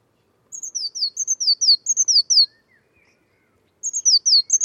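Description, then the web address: Bird calling in quick runs of high, slurred, downward notes, a brief pause, then another rapid run. Bird-only recording, 2025. "cianscape birddata Deverinetal 2025 File origin Bird Only Cy Ca"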